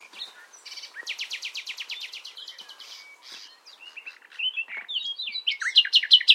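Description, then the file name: Common nightingale song: a fast rattling series of repeated notes, then slurred whistles and a loud burst of rapid sharp notes at the end. "Luscinia megarhynchos"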